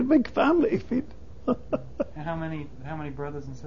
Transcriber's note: he laughs